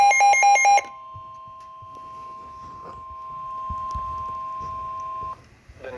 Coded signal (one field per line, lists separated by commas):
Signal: Emergency Alert System (SAME) tones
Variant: 1050 Hz attention tone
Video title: EAS #238: SMW + SPS